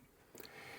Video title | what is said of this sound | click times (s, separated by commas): ROKR Christmas Dream Gift Factory Step-by-Step Assembly Guide (Part 3) | Yeah. Hey, hear that click. | 0.4 s, 0.5 s